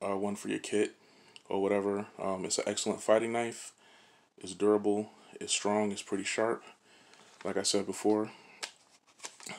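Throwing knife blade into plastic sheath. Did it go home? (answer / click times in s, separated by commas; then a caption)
yes / 9.2 s, 9.5 s. Someone talks for most of the clip before an S-tec throwing knife from eBay is pushed into its plastic sheath. Two short, sharp clicks come at 9.2 s and 9.5 s as the blade snaps home and seats in the sheath.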